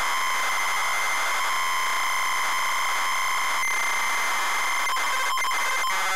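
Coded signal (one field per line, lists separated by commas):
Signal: ZX Spectrum tape loading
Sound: steady buzzing lead tone with harmonics over hiss, then broken, choppy bursts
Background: tape hiss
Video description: ZX Spectrum load up and quick game play of Terra Cresta loaded up using a zx spectrum +3 with a wh smith cpd8300 cassette player.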